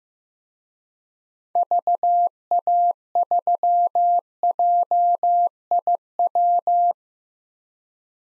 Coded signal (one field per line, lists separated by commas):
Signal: Morse code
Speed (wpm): 15 wpm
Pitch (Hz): 700 Hz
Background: none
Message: VA3JIW